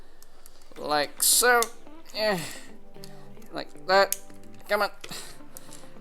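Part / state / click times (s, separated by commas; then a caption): plastic body section of a transforming robot toy figure / not seated / none. Someone talks while pushing a plastic body section of a Transformers Legacy Evolution Commander Armada Optimus Prime transforming robot toy over into position, with faint brief plastic ticks between the words. The section fails to latch, and nothing has clicked into place yet.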